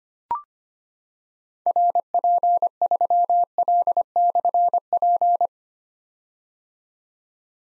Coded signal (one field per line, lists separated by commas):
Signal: Morse code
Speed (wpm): 25 wpm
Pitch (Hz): 700 Hz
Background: none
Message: RP3L/P